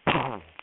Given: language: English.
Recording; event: throat vibration sensor signal played as sound; cough